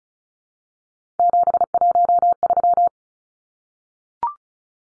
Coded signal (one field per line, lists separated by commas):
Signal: Morse code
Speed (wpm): 34 wpm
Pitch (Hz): 700 Hz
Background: none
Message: 713